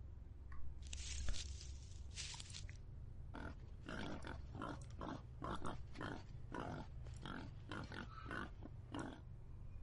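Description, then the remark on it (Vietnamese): A small wild boar grunts and snorts as it crashes through brush, with a rapid series of rustling, tearing bursts over a steady low rumble. No one speaks. “Từ phía lùm cây bên cạnh có vẻ như vừa có một con lợn rừng nhỏ lao vụt ra.”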